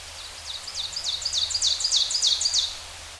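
Ovenbird song, a rapid series of about nine high, two-part phrases that grow steadily louder before stopping abruptly, over faint low hum.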